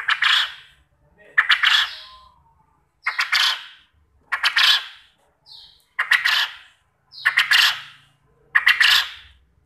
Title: Burung Puyuh Mana Yang Tidak Nyaut Dan Gacor Dengan Pancingan Ini